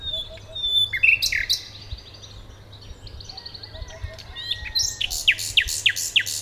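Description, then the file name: Common nightingale song of varied whistles and notes, ending in a series of loud, sharp repeated notes. "Luscinia megarhynchos"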